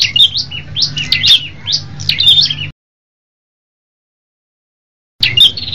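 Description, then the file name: Tailorbird song: rapid high chirps and trills for under three seconds, then silence, then another short burst of chirping. Red-headed type, several birds singing together as a group. "prenjak kepala merah ombyokan omkicau"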